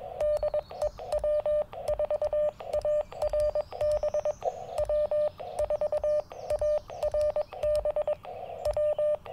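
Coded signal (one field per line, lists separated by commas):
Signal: Morse code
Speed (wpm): 22 wpm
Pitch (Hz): 600 Hz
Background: radio noise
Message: DE W4ARB W4ARB W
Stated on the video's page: CW Parks on the Air activation at Tuskegee National Forest with a Yaesu FT-817ND, later a Yaesu FT-891 for more power, in rough band conditions.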